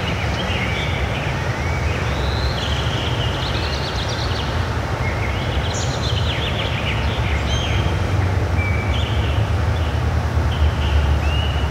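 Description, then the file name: Bird song, with several short chirps and thin whistled notes scattered throughout over a steady low rumbling background noise. Forest setting. "Zzz ASMR - Birds and Forest Pt 1"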